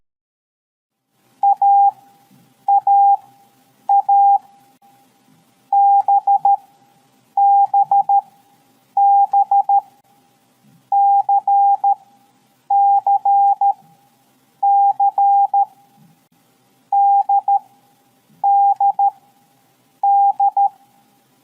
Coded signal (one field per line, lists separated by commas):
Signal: Morse code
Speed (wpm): 13 wpm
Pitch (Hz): 800 Hz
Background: none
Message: AAA BBB CCC DDD